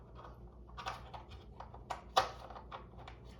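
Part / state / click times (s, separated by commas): plastic accessory piece into toy starfighter socket / not seated / none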